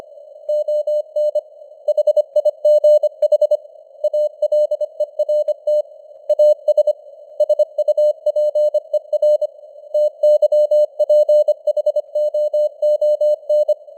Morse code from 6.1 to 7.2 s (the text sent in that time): AS